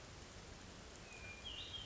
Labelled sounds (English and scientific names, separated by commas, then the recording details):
Hermit Thrush (Catharus guttatus)
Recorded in Sonoma County, California